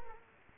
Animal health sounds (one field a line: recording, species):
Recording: mosquito wingbeat signal from an infrared sensor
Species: Culex quinquefasciatus